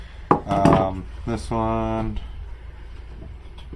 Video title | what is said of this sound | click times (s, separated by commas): Ozark Trails $5 EDC is it worth it? | and the sheets aren't too bad either as long as you hear that click | 0.3 s